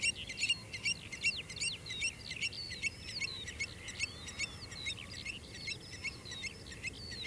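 Birds singing many high, quick chirps and short twittering phrases, over low background noise.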